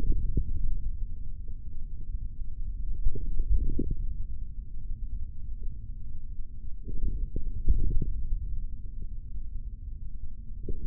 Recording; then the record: forearm muscle sounds (acoustic myography)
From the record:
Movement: hand closing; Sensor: system 3, bracelet of six PUI Audio POM-2738L microphones around the upper forearm, with dedicated amplification and filtering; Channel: 2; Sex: male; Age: 23 years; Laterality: right